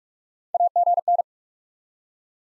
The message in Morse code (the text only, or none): AGN